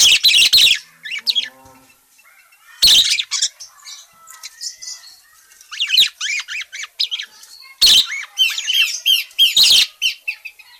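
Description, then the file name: Parakeet chatter: scattered harsh squawks and quick high chirps, with softer twittering and warbled notes filling the quieter gaps. Calling parakeet, described as gacor, meaning in full, lively voice. "suara burung parkit gacor memanggil"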